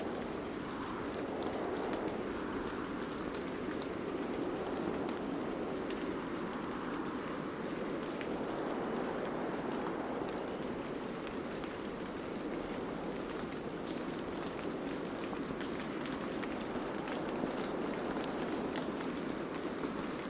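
At Cape Disappointment on the Pacific coast, a dense, unbroken roar fills the full twenty seconds, heaviest in the low and middle range. Gentle swells rise and fall every few seconds, while fine crackling ticks, like rain patter, scatter across the top.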